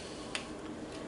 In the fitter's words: and you'll hear it click.